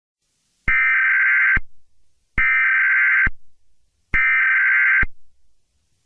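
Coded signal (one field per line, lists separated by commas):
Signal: Emergency Alert System (SAME) tones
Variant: header bursts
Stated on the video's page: Fictional EAS scenario.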